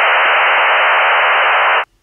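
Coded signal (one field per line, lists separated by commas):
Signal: HF data modem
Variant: STANAG 4285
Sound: steady wideband roaring hiss in the voice band, ending abruptly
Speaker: next time you pick up a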